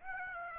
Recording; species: mosquito wingbeat signal from an infrared sensor; Aedes aegypti